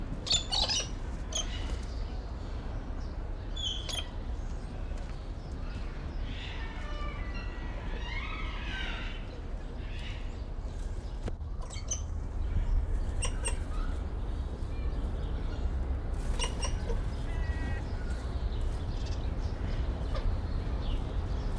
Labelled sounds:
Galah

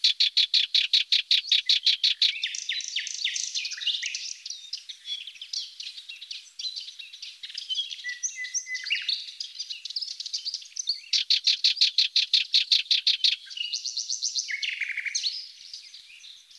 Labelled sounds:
Sardinian Warbler song

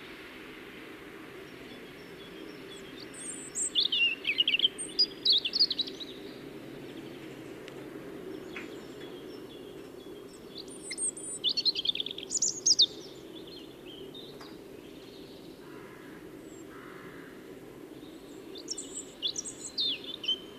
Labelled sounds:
European Robin song

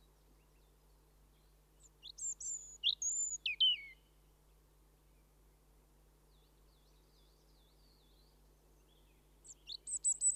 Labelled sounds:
European Robin song

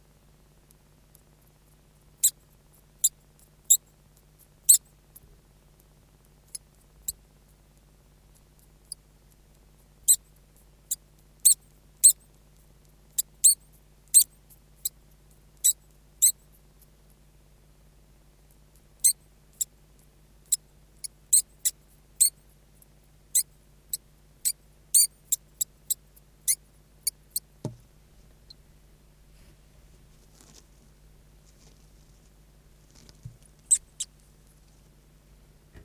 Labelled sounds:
European Water Vole call

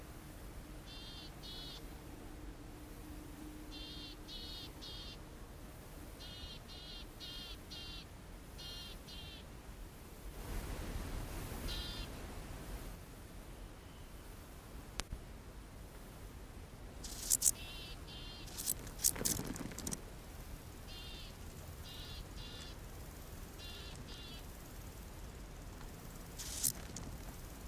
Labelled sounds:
Meadow Grasshopper

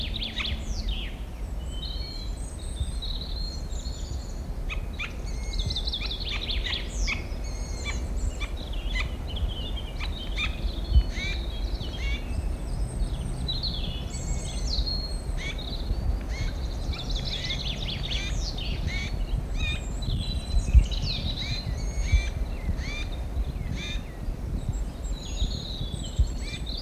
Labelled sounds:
Spotted Nutcracker

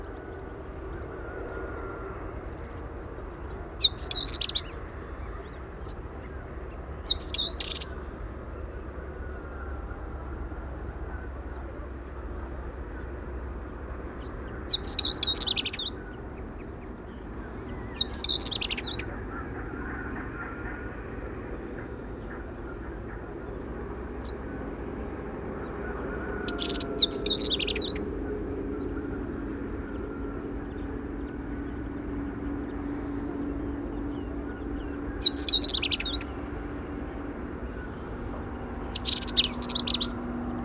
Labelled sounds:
Northern Wheatear song

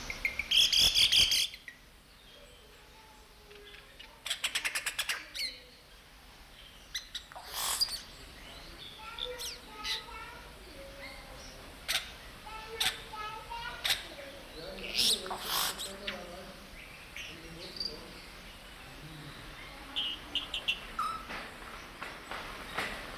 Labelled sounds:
Yellow-rumped Cacique

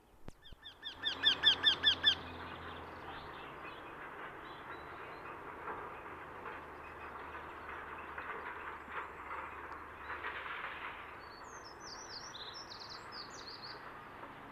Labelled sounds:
Eurasian Wryneck song

